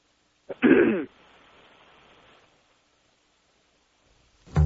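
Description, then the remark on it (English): A man getting ready to speak on air clears his throat once in a loud, rough burst lasting about half a second, followed by a low hiss that fades out, then quiet until a brief sound at the very end. “Clearing his throat.”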